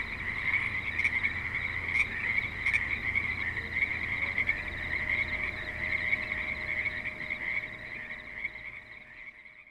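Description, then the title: Frogs trilling together in an unbroken chorus, a few sharper notes early on, and a faint steady tone entering midway as the sound fades near the end. Frogs at a creek in suburban Spanish Springs, Nevada. "Frogs in Spanish Springs, NV - creek view"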